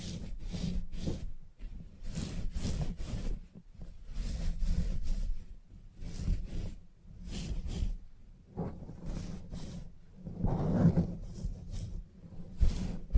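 Salon haircut sounds with a low, rough buzzing hum running under the whole clip, like a clipper at work. Short crisp snips and brushing rustles come in quick clusters every second or so, with a louder, busier stretch around eleven seconds.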